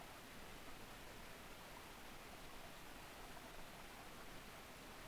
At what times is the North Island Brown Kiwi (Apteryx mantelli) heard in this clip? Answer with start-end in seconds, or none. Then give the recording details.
none. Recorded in New Zealand on 7 November 2014. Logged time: 22:14. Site CJ68